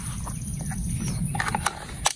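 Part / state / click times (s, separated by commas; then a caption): detachable box magazine into bolt-action rifle / not seated / none. A detachable box magazine loaded with Wolf 140 grain rounds is pushed into a Mossberg Patriot 30-06 bolt-action rifle, with a low rumbling background and sharp handling clicks at about 1.4, 1.5, 1.6 and 1.7 seconds, followed by a louder hit near 2.1 seconds. The clip ends while the magazine is still being handled, and nothing has seated yet.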